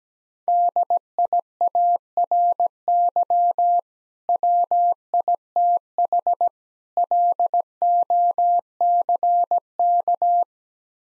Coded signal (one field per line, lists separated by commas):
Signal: Morse code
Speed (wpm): 17 wpm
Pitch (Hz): 700 Hz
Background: none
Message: DIARY WITH LOCK